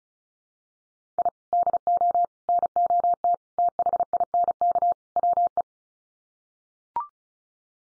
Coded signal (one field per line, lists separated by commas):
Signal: Morse code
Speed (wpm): 34 wpm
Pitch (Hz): 700 Hz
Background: none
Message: I DO NOT THINK WE